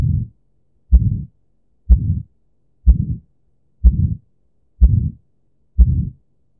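Simulated aortic stenosis: regular heartbeat at about 62 per minute, each beat beginning with a sharp click followed by a low-pitched, harsh murmur of about a third of a second, rising and fading in a diamond shape.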